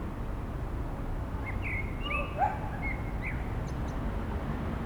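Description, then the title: Common blackbird singing a brief mellow warbled phrase with thin high squeaks, set against continuous urban traffic noise. One town blackbird singing in cold weather amid urban traffic noise at the town hall square, Aix-les-Bains, France. "Sq. Hôtel de ville, Aix-les-Bains, France - Merles des villes"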